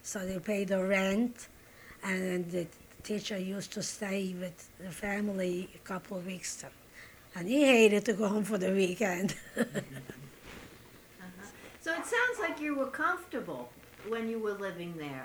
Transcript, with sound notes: So they paid the rent, and the teacher used to stay with the family a couple of weeks. And he hated to go home for the weekend. ( she laughs )
Uh-huh. So it sounds like you were comfortable when you were living there.